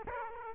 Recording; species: mosquito wingbeat signal from an infrared sensor; Aedes aegypti